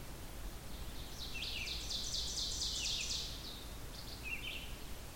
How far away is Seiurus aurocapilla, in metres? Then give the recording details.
about 60 m. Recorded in boreal forest in Alberta, Canada, on 16 June 2016 at 05:55. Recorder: SongMeter 3, array SBT-3-32. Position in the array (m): 86 m, 26 m. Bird 36